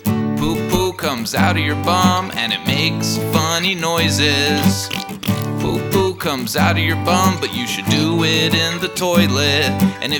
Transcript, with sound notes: Poo-poo comes out of your bum And it makes funny noises... (Farting noises) Poo poo comes out of your bum But you should do it in the toilet.